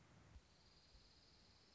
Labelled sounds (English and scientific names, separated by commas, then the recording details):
Dark-eyed Junco (Junco hyemalis)
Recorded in Sonoma County, California